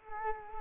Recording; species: mosquito wingbeat signal from an infrared sensor; Culex quinquefasciatus